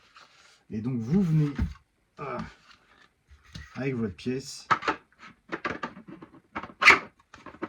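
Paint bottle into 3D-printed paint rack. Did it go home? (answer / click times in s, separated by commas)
yes / 5.6 s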